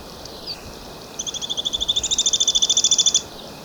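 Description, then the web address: White-chinned thistletail singing a high, ringing trill that grows louder over about two seconds, then cuts off abruptly, over a soft steady background hiss. Ecuador. "Birds of Ecuador 2. White-Chinned Thistletail"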